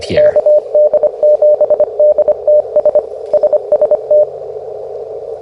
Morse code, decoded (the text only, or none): KD7DTS SST